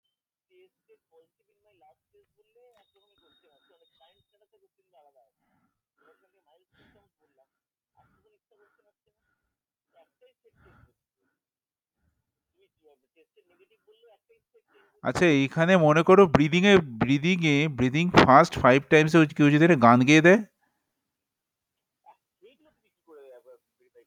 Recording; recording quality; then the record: shallow breathing; poor, much background noise or distortion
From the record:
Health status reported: COVID-19 positive, mild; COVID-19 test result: positive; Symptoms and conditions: fatigue, hypertension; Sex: male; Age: 30 years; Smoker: yes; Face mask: worn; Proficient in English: yes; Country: India